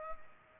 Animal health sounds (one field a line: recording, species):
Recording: mosquito wingbeat signal from an infrared sensor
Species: Culex pipiens